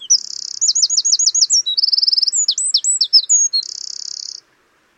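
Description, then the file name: Eurasian wren singing one fast, high-pitched burst of buzzy trills, sweeping whistles and chattering notes lasting about four seconds, then silence. "Troglodytes troglodytes"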